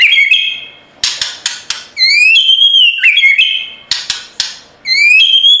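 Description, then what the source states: White-rumped shama song: whistled rising phrases separated by clusters of sharp clicking notes. Training recording (masteran) of full rolling song (ngerol) in nembak style.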